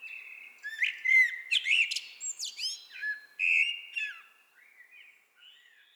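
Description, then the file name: Common blackbird song, a rich fluted warble broken by sharp high chattering notes, then trailing off into softer, thinner twittering phrases. "Turdus merula"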